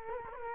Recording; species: mosquito wingbeat signal from an infrared sensor; Culex quinquefasciatus